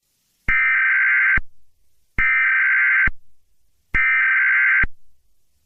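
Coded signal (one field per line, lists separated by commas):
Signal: Emergency Alert System (SAME) tones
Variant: header bursts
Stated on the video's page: Fictional mock scenario based on a game, not a real alert.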